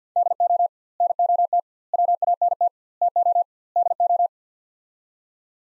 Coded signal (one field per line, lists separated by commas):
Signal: Morse code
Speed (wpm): 50 wpm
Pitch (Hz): 700 Hz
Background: none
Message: DO NOT WANT TO DO